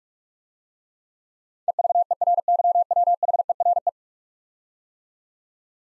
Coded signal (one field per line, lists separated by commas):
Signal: Morse code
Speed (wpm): 42 wpm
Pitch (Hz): 700 Hz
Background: none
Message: EVERYWHERE